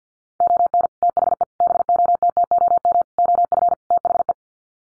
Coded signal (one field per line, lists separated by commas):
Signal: Morse code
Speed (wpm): 50 wpm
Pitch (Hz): 700 Hz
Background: none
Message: ON THE BOTTOM OF THE